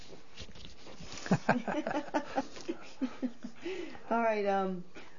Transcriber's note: laughs